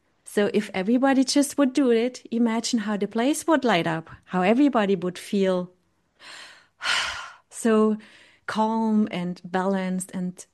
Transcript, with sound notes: So if everybody just would do it, imagine how the place would light up, how everybody would feel (sighs) so calm and balanced